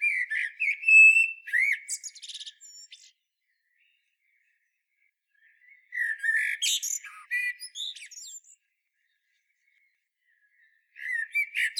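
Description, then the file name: Common blackbird song: fluted low whistles mixed with high squeaks and twitters, sung in three phrases separated by silent gaps. "Turdus merula"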